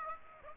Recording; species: mosquito wingbeat signal from an infrared sensor; Aedes aegypti